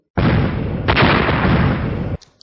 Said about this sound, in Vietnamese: Một loạt tiếng nổ vang lên, điện quang và huyết khí liền đang xen vào nhau.